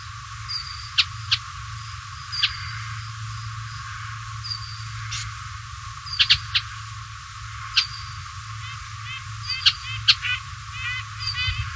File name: Canto da Sialia mexicana